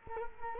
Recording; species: mosquito wingbeat signal from an infrared sensor; Culex quinquefasciatus